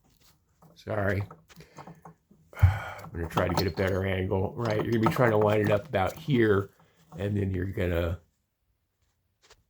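A plastic bulb socket is lined up at the back of the headlight housing for the position light under the high beam on a 2010 Hyundai Elantra Touring wagon while someone talks. Only faint, brief handling noises are heard between the speech. The socket has not yet been twisted in, and nothing has seated or clicked yet.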